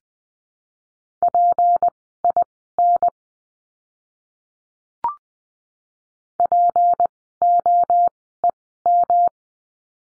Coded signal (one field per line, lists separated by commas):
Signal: Morse code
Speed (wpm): 20 wpm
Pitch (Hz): 700 Hz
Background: none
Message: PIN POEM